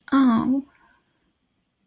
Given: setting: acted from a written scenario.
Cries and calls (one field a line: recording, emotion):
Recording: vocal sound without words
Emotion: shame